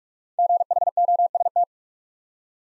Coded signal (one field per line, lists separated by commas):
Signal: Morse code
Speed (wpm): 44 wpm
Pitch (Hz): 700 Hz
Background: none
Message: GHOST